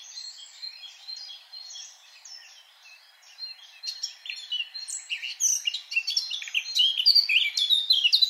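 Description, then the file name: Eurasian blackcap singing a varied warble that begins soft and scratchy, then swells after four seconds into louder, richer, rapidly chattering phrases with high whistled notes. "Sylvia atricapilla"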